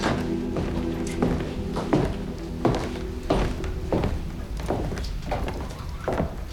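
Steady footsteps of a woman walking through an entrance hall into a library, about ten even thuddy steps at an unhurried pace over a low, constant background hum, with no voices.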